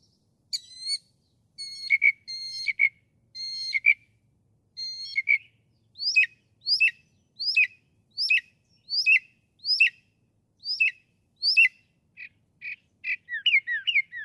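Northern mockingbird song: a long medley of varied phrases, clear stacked notes, then sharp chips, then rapid looping twitters, each repeated several times.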